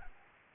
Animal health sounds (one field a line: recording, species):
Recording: mosquito wingbeat signal from an infrared sensor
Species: Anopheles gambiae